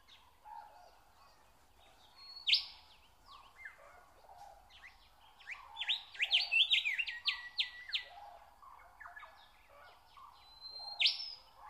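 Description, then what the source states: Nightingale song of scattered whistles and sharp notes, with a fast run of repeated notes near the middle and a high whistle near the end. Song recorded in spring.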